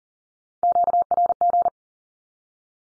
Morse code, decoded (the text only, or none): QRG